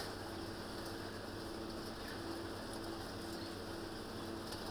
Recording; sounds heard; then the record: poultry house recording; healthy chickens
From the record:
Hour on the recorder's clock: 23